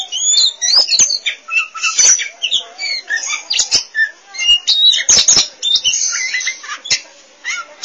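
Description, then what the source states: Oriental magpie-robin pouring out a fast, varied song of sweet whistles, slurred notes and scratchy chatter, with occasional sharp clicks throughout. Kacer song.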